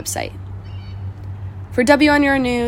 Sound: nat sound birds chirping, kids playing

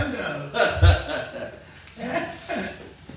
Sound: laughing

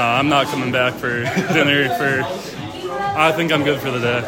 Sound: laughs

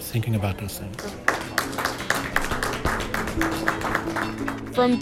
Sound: audience clapping

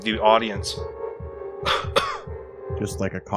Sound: cough cough

